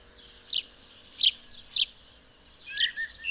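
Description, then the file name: House sparrow calling with several sharp, clipped chirps separated by brief pauses. "Passer domesticus"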